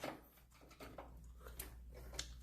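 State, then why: Stripped. A screw is driven into a PC case or motherboard mount and keeps being turned while its head slips, with sharp clicks at 1.6 and 2.2 seconds over a low hum. The screw head strips and the screw is ruined.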